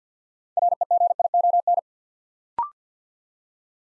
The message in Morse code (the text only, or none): REGION